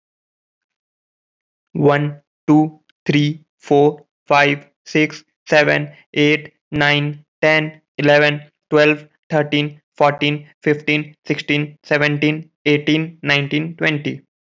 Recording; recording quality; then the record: counting at a normal pace; excellent, no background noise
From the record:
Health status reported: healthy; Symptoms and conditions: none ticked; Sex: male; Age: 25 years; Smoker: not ticked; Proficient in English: yes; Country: India